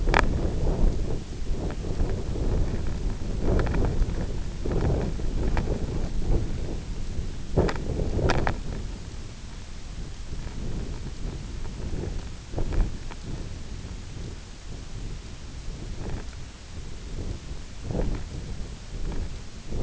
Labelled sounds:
none
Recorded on Arctic tundra, site IGLO-F, on 24 June 2018
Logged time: 18:00

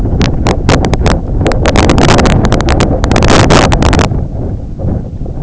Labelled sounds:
none
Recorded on Arctic tundra, site IGLO-A, on 18 June 2018
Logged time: 11:59

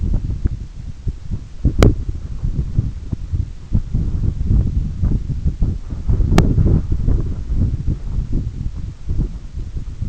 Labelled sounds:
none
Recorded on Arctic tundra, site EABA-1, on 20 June 2018
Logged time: 18:00

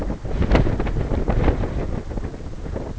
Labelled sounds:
none
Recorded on Arctic tundra, site NAIT-1, on 20 June 2018
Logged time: 23:00

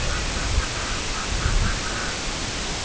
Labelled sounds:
Semipalmated Sandpiper (Calidris pusilla), Red-throated Loon (Gavia stellata)
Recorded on Arctic tundra, site IGLO-A, on 22 June 2018
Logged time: 05:59

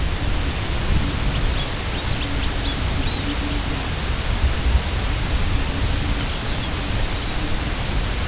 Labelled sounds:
American Golden-plover (Pluvialis dominica), unidentified sound
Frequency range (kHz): American Golden-plover (Pluvialis dominica) 2.1-4.2 kHz
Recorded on Arctic tundra, site UTQI-2, on 10 June 2019
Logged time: 16:00

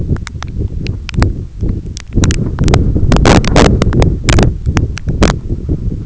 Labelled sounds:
none
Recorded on Arctic tundra, site EABA-1, on 21 June 2018
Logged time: 16:00

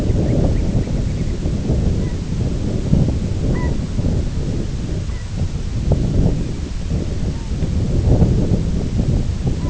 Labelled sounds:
Ruddy Turnstone (Arenaria interpres), unidentified sound
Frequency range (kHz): Ruddy Turnstone (Arenaria interpres) 1.5-3.0 kHz
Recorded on Arctic tundra, site IGLO-B, on 24 June 2018
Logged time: 17:59

